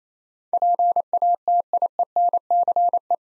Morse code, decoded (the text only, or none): PATIENCE